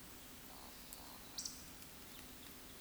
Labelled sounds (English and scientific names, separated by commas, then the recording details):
Eurasian Woodcock (Scolopax rusticola) whistle, Eurasian Woodcock (Scolopax rusticola) croak
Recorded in Baden-Württemberg, Germany, on 16 June 2021 at 20:00 UTC
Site 18672, 474 m above sea level